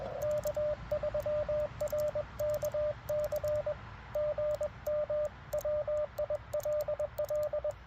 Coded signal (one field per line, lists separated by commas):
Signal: Morse code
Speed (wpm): 20 wpm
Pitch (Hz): 590 Hz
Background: radio noise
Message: K3RKC GM WILL